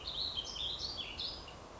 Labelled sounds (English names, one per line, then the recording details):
Warbling Vireo
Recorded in Sonoma County, California